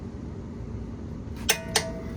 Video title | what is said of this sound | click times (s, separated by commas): A Beginner's Guide to Autocross | Okay, that click indicates it's at its required torque. | 1.5 s, 1.8 s